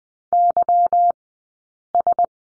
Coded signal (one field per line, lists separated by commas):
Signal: Morse code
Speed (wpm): 20 wpm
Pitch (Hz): 700 Hz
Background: none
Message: YS